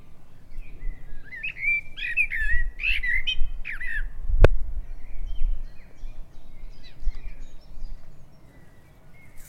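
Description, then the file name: Common blackbird song: a run of clear, warbled phrases with twittering ends, broken by a sharp click near the middle, over low rumbling background noise. "Turdus merula"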